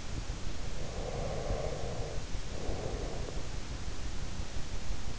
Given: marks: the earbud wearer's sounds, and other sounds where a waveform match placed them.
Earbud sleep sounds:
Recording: sounds in sleep by an in-ear microphone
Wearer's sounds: breath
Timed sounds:
0.42-3.72 s: breath

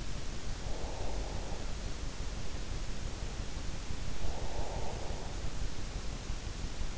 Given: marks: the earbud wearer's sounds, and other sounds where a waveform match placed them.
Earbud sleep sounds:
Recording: sounds in sleep by an in-ear microphone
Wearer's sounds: breath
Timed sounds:
0.47-2.28 s: breath
4.05-5.64 s: breath

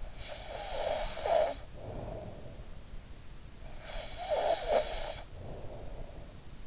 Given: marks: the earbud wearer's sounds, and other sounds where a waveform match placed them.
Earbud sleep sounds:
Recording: sounds in sleep by an in-ear microphone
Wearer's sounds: snoring breath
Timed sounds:
0.01-2.87 s: snoring breath
3.32-6.07 s: snoring breath

